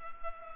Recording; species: mosquito wingbeat signal from an infrared sensor; Culex pipiens